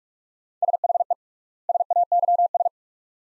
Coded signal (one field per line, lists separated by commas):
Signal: Morse code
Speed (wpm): 47 wpm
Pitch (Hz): 700 Hz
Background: none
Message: SHE SAYS